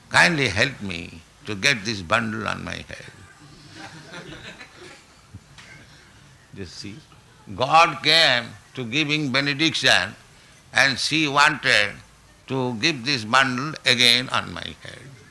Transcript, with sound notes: "Kindly help me to get this bundle on my head." [laughter] Just see. God came to giving benediction, and she wanted to "Give this bundle again on my head."